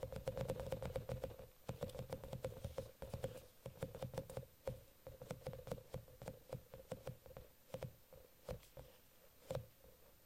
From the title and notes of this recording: Relax with squishy octopus and mermaid brushes...